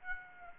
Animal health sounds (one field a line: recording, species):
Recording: mosquito wingbeat signal from an infrared sensor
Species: Aedes aegypti